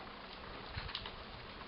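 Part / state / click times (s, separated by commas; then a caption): hinged cockpit part into the toy body / not seated / none. A plastic cockpit section on a double hinge is handled and folded into the body of a transforming toy, producing a few faint plastic taps near 0.95 s and 1.1 s over a steady low hiss. Nothing has seated or clicked yet; the cockpit is not yet locked in place.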